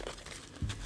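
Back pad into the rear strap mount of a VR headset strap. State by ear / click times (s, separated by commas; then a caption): not seated / none. The plastic back pad of a VR headset strap is pressed onto the rear strap mount, but one side does not snap in and nothing has clicked yet. Only faint crinkling handling noises are heard, with brief sharper sounds at 0.1 s and 0.7 s.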